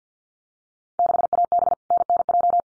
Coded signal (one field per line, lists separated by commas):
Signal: Morse code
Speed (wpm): 50 wpm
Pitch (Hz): 700 Hz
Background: none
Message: 6AB NNJ